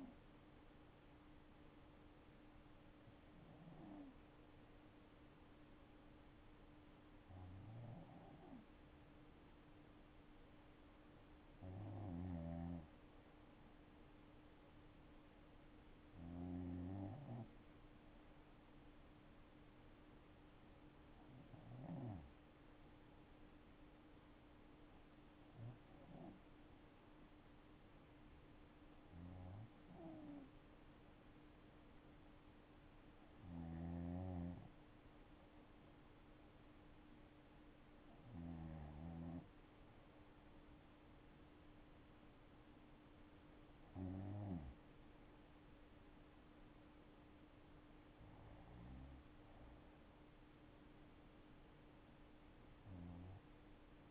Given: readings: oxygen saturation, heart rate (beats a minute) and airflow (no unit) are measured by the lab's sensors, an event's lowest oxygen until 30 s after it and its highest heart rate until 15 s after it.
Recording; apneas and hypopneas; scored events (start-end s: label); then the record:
breathing in sleep by a voice recorder at the bedside; none
none scored
From the record:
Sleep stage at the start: N3 (deep sleep); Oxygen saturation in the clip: 94 to 95%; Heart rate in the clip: 58 to 69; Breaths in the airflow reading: 13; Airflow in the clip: -7.3 to 7.0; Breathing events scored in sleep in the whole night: 228 in 5.4 hours asleep